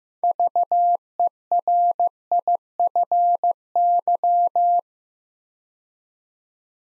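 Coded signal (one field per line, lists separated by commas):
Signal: Morse code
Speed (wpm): 15 wpm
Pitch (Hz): 700 Hz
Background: none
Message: VERIFY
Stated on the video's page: Build-a-word copy practice at 15 wpm, with six-letter words sent two letters at a time.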